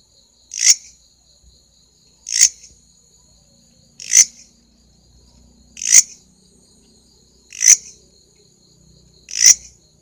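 Grasshopper chirps, six brief scratchy rasps at an even pace of nearly two seconds apart, with a thin continuous high tone running beneath.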